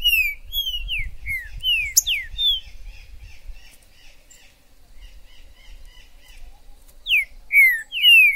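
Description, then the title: Green-winged saltator singing loud falling whistled notes in a quick phrase, then soft chattering notes, then another bold whistled phrase at the end. In the forest (mato). "Trinca ferro MAJOR no MATO"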